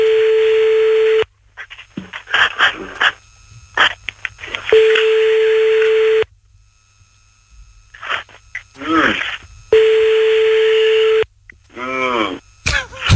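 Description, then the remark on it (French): A phone line rings out unanswered: three long, steady electronic ringback tones, each about a second and a half, separated by pauses where people murmur and shift in the background. “Je sais pas, il est où son téléphone?”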